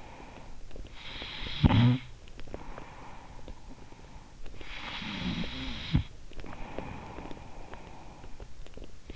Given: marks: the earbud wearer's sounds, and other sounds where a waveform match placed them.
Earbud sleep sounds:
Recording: sounds in sleep by an in-ear microphone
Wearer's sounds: snoring breath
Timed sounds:
0.00-9.16 s: snoring breath

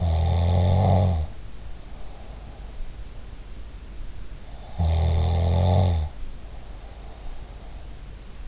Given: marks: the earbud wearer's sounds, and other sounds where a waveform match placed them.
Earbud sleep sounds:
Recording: sounds in sleep by an in-ear microphone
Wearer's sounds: snoring breath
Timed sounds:
0.00-2.79 s: snoring breath
4.81-7.71 s: snoring breath

